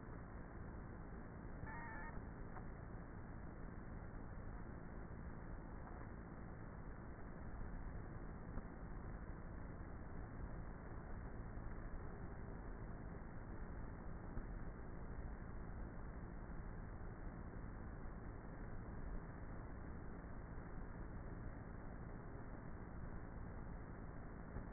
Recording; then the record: honeybee colony, microphone inside the hive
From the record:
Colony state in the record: queenless with a low population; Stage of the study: before two queens were removed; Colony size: about 30,000 bees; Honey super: no